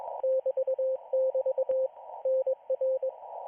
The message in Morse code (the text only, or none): <BT><BT> NR